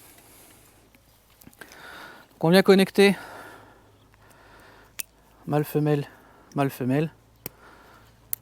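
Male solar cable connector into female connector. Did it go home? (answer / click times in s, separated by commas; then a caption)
yes / 8.3 s. A male solar cable connector is pushed into a female connector of a Fossibot F3600 solar power station setup while someone talks. A few faint handling ticks come before a sharp small click at 8.3 s as the two connectors lock together and seat.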